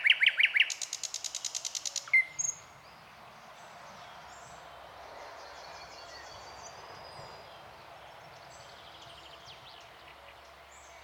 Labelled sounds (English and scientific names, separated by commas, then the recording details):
Thrush Nightingale (Luscinia luscinia) song
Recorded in the wild
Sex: male
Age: adult
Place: Nadwarcianski Park Krajobrazowy, Greater Poland Voivodeship, PL
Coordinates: 52.2068, 17.7942
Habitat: Riparian forest
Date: 2017-05-16 09:20
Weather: light cloud, light breeze
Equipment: Marantz PMD660 recorder, Sennheiser ME67 directional microphone
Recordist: Souriau, Abel